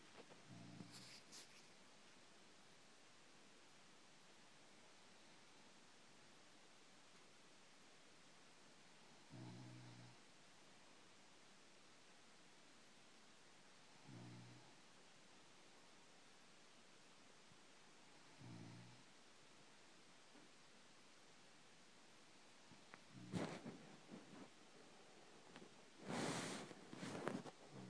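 Snoring from an adult sleeper.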